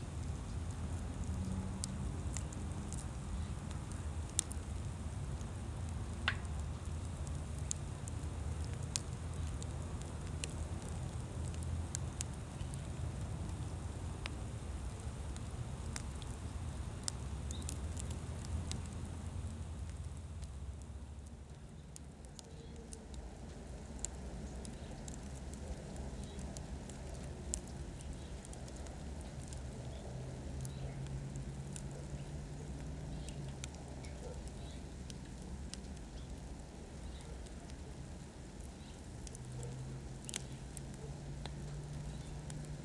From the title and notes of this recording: Backyard sounds with a fire in Phoenix Arizona | Wind sounds | Camp fire | Wood burning. Crackling campfire.